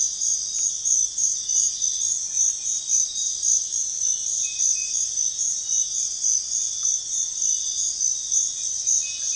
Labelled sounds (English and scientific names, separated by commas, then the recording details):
none
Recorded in pastures near Puerto Asís, Putumayo, Colombia, on 4 March 2025 at 05:30
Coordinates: 0.502, -76.324
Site GP07